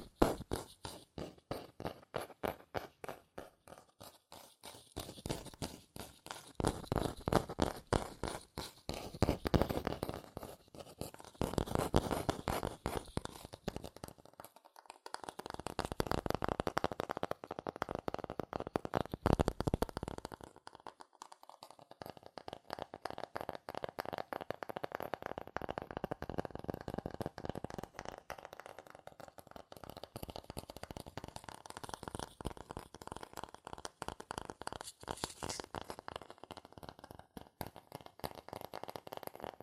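Fast tapping, scratching and tracing on cardboard and paper, with dense bursts of quick strokes throughout. Rapid rhythmic scratches alternate with smoother rubbing passages, around 15 to 20 seconds and again after 22 seconds, and brief pauses break up the activity.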